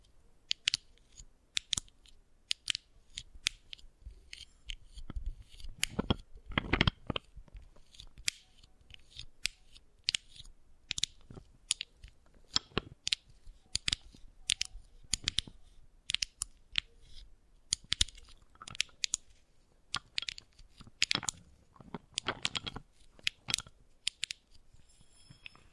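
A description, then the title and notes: Wooden balls clack and click against each other in sharp dry taps that come irregularly, sometimes in quick clusters. A heavier knock with a low thud lands near seven seconds, and soft rolling rustles fill the gaps. ASMR Brain Tingly Wooden Ball Triggers (No Talking).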